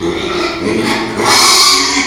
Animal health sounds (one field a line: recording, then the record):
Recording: squeal of a Yucatan mini pig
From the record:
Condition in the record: after surgery on the right vocal fold (resection and tissue-engineered implant)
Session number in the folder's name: 2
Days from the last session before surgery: 13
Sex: male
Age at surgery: 12 weeks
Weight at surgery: 13 kg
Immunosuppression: cyclosporine, prednisolone